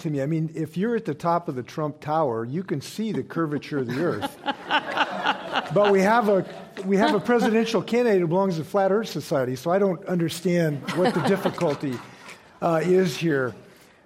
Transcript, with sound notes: I mean if you're at the top of the Trump tower you can see the curvature of the earth.
[Laughter]
But we have a presidential candidate who belongs to the flat earth society so I don't understand what the difficulty is here.